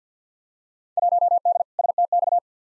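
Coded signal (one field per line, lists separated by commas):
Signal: Morse code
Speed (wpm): 50 wpm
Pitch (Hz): 700 Hz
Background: none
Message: 1D STX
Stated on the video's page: Field Day exchange head-copy drill sent at 50 wpm, each exchange sent, spoken, then sent again.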